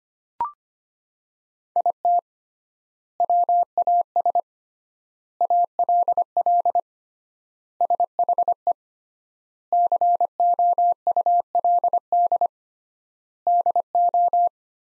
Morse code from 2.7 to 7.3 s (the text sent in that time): WAS ALL